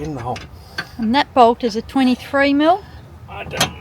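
A 23mm socket is handled on the metal lower mounting bolt while a new shock absorber is being fitted to a Toyota Coaster bus's suspension. Someone talks throughout, with faint background clatter between the words. Nothing has seated or clicked yet.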